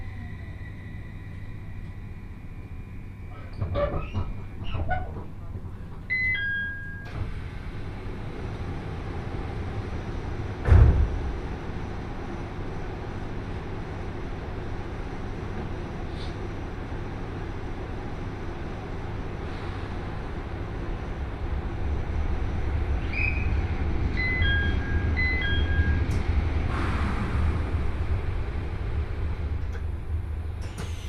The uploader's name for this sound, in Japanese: 鉄道旅 常磐線 仙台→浜吉田